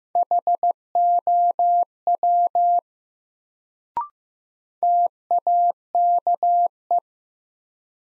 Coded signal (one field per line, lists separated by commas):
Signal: Morse code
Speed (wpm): 15 wpm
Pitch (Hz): 700 Hz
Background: none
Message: HOW TAKE